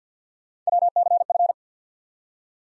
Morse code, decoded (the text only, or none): WCF